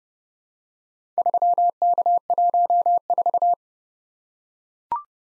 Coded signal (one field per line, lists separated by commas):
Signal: Morse code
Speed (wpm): 30 wpm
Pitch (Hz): 700 Hz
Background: none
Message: 3K14